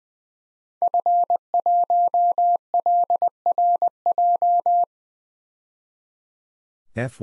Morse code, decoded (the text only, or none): F1LRJ